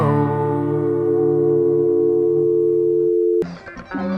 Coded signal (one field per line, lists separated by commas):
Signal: telephone call progress tone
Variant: North America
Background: music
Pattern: dial tone